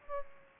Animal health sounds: mosquito wingbeat signal from an infrared sensor; Aedes aegypti

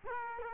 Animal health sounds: mosquito wingbeat signal from an infrared sensor; Culex quinquefasciatus

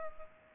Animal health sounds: mosquito wingbeat signal from an infrared sensor; Culex pipiens

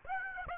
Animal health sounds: mosquito wingbeat signal from an infrared sensor; Aedes aegypti

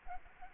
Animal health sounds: mosquito wingbeat signal from an infrared sensor; Anopheles arabiensis

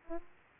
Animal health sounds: mosquito wingbeat signal from an infrared sensor; Aedes aegypti

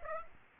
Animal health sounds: mosquito wingbeat signal from an infrared sensor; Aedes aegypti

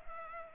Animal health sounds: mosquito wingbeat signal from an infrared sensor; Culex pipiens

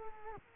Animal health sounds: mosquito wingbeat signal from an infrared sensor; Culex quinquefasciatus

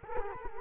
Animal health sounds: mosquito wingbeat signal from an infrared sensor; Culex quinquefasciatus

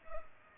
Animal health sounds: mosquito wingbeat signal from an infrared sensor; Culex pipiens

